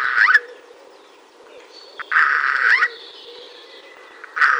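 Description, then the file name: Eurasian jay giving three harsh, grating screeches, the middle one longest, with faint high whistles between them. "Garrulus glandarius"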